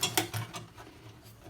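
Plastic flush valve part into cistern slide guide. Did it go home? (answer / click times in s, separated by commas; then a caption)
yes / 0.2 s. A plastic flush valve part is pushed back into its slide guide inside a concealed Geberit Sigma 8 cistern (109.770.001, 2012) during leak repair and maintenance. After a brief scrape at 0.0 s, a sharp snap at 0.2 s marks the part clicking into place, followed by faint plastic rattles. The part is seated correctly in the slide guide.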